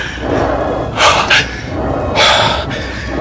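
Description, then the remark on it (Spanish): Heavy, ragged panting after an exhausting struggle: loud breathy gasps in two bursts, each a quick pair of harsh inhalations and exhalations, over a steady background hiss with no speech. “Necesito aire, tomar aliento. Pero está jadeando.”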